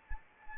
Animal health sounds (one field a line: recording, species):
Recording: mosquito wingbeat signal from an infrared sensor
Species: Anopheles arabiensis